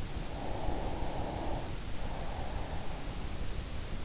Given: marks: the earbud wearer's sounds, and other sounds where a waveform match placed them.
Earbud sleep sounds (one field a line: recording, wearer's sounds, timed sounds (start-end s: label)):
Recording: sounds in sleep by an in-ear microphone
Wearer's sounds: breath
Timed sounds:
0.07-3.47 s: breath